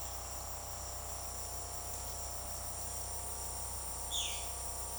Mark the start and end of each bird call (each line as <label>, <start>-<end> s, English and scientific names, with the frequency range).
Violaceous Jay (Cyanocorax violaceus) (2.0-7.4 kHz), 3.96-4.49 s